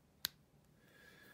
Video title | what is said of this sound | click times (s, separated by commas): Lamy cp1 – Fountain Pen Review | as said you could post that pen by just putting it on here and then it sort of like snaps in place | 0.2 s